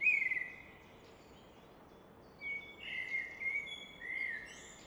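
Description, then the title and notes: Common nightingale gives a brief whistle, pauses, then delivers a string of short piping notes, all against a soft steady rush of water. Evening at Fläsch, Switzerland; roar of the Rhine reflected off a rock face in the background; recorded with Fostex FR2 and MKH 800. "Fläsch, Schweiz - Abendstimmung Nachtigall. Im Hintergrund wird das Rauschen des Rheins von einer Felswand reflektiert"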